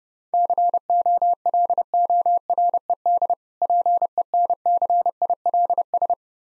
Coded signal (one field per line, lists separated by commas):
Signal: Morse code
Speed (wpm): 30 wpm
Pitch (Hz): 700 Hz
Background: none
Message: COLORED PENCILS